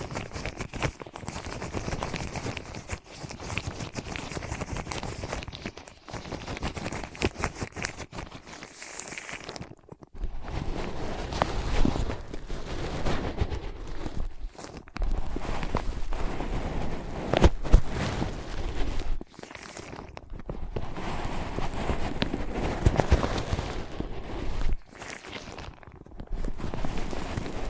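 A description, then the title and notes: ASMR tapping and scratching on ear pads, dense rustling strokes with soft thumps, pausing briefly near ten and twenty seconds. ASMR Using Ear Pads as Your Ears Tapping, Scratching, Tracing No Talking.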